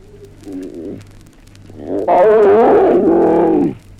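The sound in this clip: Animal call, a short soft cry followed by a loud, long wavering harmonic bawl lasting nearly two seconds.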